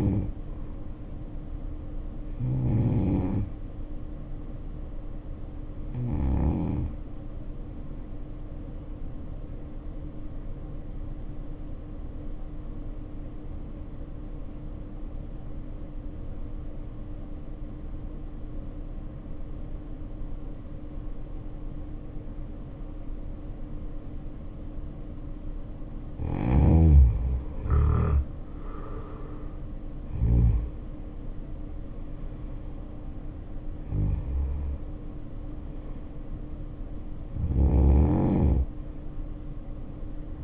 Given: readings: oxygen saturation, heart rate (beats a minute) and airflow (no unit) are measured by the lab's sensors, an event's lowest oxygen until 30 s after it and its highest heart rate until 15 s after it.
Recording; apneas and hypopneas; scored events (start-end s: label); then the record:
breathing in sleep by a smartphone at the bedside; 1
12.00-25.40 s: obstructive apnea (N1, oxygen 95% highest, then 80% lowest, heart rate 57 at the start, 71 highest)
36.00-40.44 s: new sleep stage, N2 (light sleep)
From the record:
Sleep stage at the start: N1 (lightest sleep); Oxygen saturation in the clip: 80 to 95%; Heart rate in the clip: 56 to 71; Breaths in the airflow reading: 6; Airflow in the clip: -8.9 to 9.0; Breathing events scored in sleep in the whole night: 520 in 7.2 hours asleep